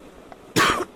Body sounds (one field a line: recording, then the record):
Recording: coughing mixed with background sound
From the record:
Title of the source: 31 night wet cough